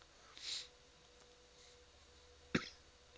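A soft, hissy sniff comes first, followed by one short, sharp cough burst near the end, over a faint steady hum. It is a single light cough with sniffling from an adult man.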